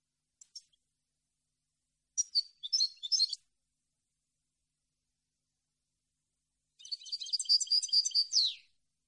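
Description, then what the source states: European goldfinch song, scattered chirps and a short twitter, then after a pause one long liquid twittering phrase ending in a downward slur. Clean goldfinch song on CD, for birds to copy as song training.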